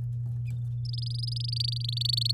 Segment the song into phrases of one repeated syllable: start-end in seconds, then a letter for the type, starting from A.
0.85-2.32 A